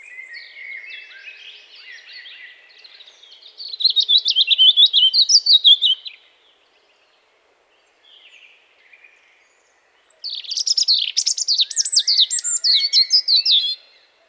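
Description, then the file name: European robin song with soft thin warbled phrases, a loud tumbling run of sharp high notes, a pause, then another vigorous jumbled high phrase. "Erithacus rubecula"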